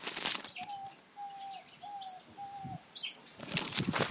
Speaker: That one you just heard is called a diamond dove, and it's a little Australian dove about the size of a budgie